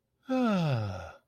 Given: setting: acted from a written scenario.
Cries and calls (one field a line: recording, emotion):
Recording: vocal sound without words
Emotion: contentment